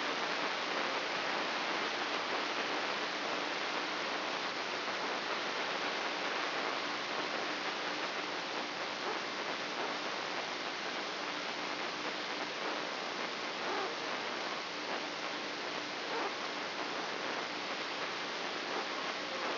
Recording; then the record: brain microelectrode recording played as sound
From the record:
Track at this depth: outside the subthalamic nucleus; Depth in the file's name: 8.504 mm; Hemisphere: left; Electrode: 3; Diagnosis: Parkinson's disease